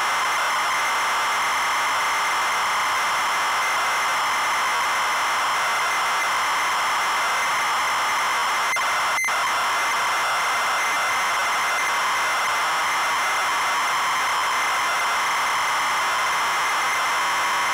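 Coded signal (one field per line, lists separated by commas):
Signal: ZX Spectrum tape loading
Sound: continuous harsh raspy buzzing data screech, steady throughout, one brief click midway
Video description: Loading of game Underwurlde on real ZX spectrum +2 with RGB link.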